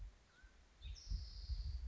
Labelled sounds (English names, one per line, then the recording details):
Mountain Quail
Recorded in Sonoma County, California